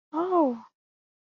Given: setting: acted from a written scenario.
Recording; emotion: vocal sound without words; positive surprise